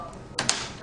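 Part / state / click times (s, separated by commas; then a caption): plastic keyboard trim strip into laptop base / seated / 0.4 s, 0.5 s. A plastic keyboard trim strip above the keyboard of a DV2000/DV6000 laptop is pressed back into the laptop base. Two short, sharp clicks are heard at 0.4 s and 0.5 s, and the trim snaps into place.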